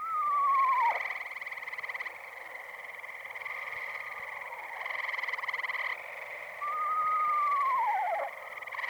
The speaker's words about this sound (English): A little screech owl calls close by.